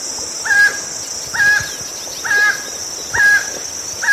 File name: Canto do tucaninho verde